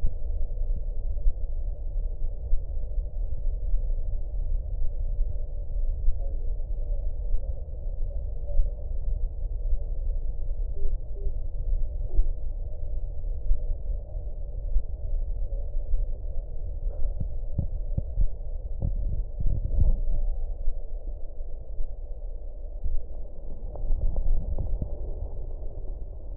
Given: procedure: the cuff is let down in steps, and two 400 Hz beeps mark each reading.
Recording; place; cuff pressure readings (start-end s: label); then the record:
Korotkoff sounds by stethoscope; brachial artery, at the lower edge of an arm cuff
10.76-11.29 s: 55 mmHg
From the record:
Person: healthy adult, 24 to 32 years, lying on the back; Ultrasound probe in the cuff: proximal